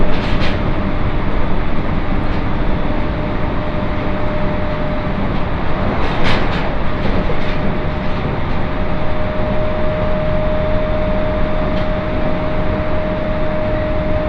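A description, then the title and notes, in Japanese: Inside a train running on a main line, a steady, dense rumble of wheels and motion fills the whole clip at an even level. A thin constant whine sits above it, and brief rattles and knocks come through near the start, around six seconds, and near twelve seconds. 耳で楽しむ鉄道旅 東北本線下り 小牛田→一ノ関。列車も701系のロングシート2両ということでしたが、意外と空いていました。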